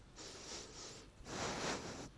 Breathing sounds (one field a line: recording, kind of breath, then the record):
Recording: one breath in and out by a microphone near the nose and mouth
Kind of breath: strong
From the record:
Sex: male